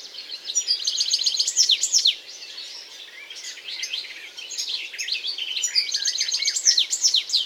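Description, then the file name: European goldfinch twittering in lively, jingling phrases, with a quieter stretch in the middle before the bright chatter resumes. "Carduelis carduelis"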